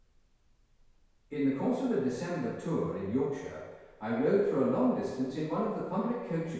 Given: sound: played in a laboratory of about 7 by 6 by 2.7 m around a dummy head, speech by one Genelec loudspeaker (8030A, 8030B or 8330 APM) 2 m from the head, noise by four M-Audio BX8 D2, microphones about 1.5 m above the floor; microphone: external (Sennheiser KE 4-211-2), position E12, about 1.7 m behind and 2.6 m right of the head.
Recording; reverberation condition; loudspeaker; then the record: male speech in English; high; 150 degrees to the left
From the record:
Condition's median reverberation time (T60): about 1300 ms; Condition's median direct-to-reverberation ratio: about -4.0 dB